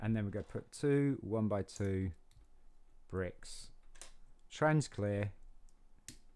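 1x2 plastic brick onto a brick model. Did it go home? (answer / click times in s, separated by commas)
yes / 6.1 s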